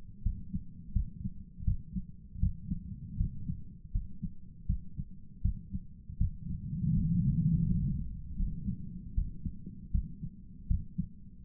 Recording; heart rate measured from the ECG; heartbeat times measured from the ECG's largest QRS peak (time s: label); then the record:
heart sounds by stethoscope; 80 bpm
0.22 s: heartbeat
0.92 s: heartbeat
1.64 s: heartbeat
2.39 s: heartbeat
3.17 s: heartbeat
3.92 s: heartbeat
4.66 s: heartbeat
5.41 s: heartbeat
6.17 s: heartbeat
6.94 s: heartbeat
7.66 s: heartbeat
8.36 s: heartbeat
9.14 s: heartbeat
9.91 s: heartbeat
10.67 s: heartbeat
11.42 s: heartbeat
From the record:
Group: healthy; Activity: rest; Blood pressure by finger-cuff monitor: 173/92 mmHg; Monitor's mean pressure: 109 mmHg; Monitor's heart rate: 80 bpm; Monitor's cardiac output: 8 L/min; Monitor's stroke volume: 99 mL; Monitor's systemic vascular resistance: 1010 dyn s/cm5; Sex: male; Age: 57 years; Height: 188 cm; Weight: 106 kg